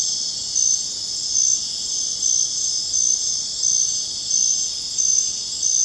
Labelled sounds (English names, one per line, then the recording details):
none
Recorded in secondary vegetation near Puerto Asís, Putumayo, Colombia, on 22 June 2025 at 20:30
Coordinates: 0.484, -76.319
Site G074